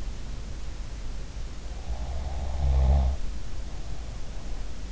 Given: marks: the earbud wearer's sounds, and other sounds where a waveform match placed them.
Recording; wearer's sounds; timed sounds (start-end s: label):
sounds in sleep by an in-ear microphone; snoring breath
1.72-3.29 s: snoring breath